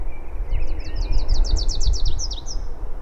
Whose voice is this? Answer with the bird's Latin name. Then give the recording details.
Basileuterus rufifrons. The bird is a male. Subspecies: rufifrons. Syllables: 15. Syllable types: 4. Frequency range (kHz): 2.9-7.0 kHz. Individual AR-SOW-M